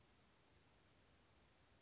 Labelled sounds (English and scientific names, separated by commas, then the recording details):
Western Flycatcher (Empidonax difficilis)
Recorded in Sonoma County, California